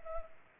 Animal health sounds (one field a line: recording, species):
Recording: mosquito wingbeat signal from an infrared sensor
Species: Culex pipiens